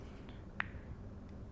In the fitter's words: so you can see it does pop out just like that snaps back in